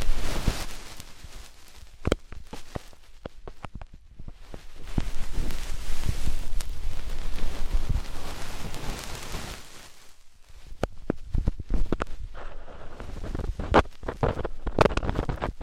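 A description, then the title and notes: Deep ear cleaning, full of scratchy rubbing and sharp crackling clicks right at the ear. Dense stretches of scraping swell and fade, around 5 to 10 seconds especially, with a near-silent break just after 10 seconds before quick pops and scratches return. ASMR INTENSE Deep Ear Cleaning (No Talking).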